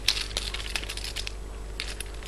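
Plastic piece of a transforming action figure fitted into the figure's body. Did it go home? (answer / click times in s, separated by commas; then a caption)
yes / 0.1 s. A plastic piece on the front of a Transformers Generations Cybertronian Optimus Prime action figure is pushed into position on the figure's body, clicking into place with a sharp snap at 0.1 s. A second crisp click follows at 0.4 s, amid light plastic rattling and handling noise. The piece is seated.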